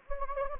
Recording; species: mosquito wingbeat signal from an infrared sensor; Anopheles gambiae